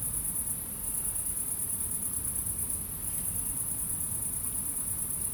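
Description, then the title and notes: Crickets in a dense chorus, a steady high shimmering trill with brief slight dips, over a soft low rumble. Crickets at night in Aveize, France, with cars in the distance; recorded with a DPA-2006c AB pair into an SD MixPre-3. "69610 Aveize, France - Grillons - Crickets. Grillons la nuit, quelques voitures dans le lointain. Crickets at night, cars in the distance"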